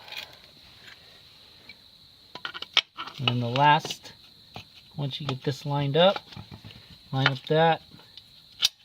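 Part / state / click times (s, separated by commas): clutch release fork onto pivot ball in the bell housing / seated / 8.6 s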